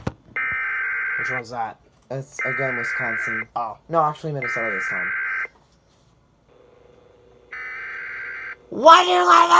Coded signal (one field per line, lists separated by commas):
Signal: Emergency Alert System (SAME) tones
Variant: header bursts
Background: speech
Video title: Wisconsin SVA (7/28/21) EAS 325